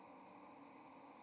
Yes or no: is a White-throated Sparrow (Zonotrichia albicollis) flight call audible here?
no